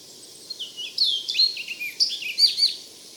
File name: Orchard Oriole